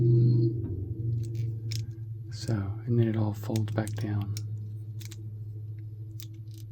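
Someone talks while the segments of a plastic fast-food transforming toy are folded back down into a ball shape, with a few light plastic clicks and taps over a steady low hum. Nothing has locked or seated in place yet.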